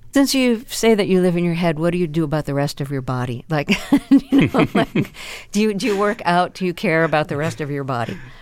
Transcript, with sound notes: Since you say that you live in your head, what do you do about the rest of your body? Like (laughter) do you work out? Do you care about the rest of your body?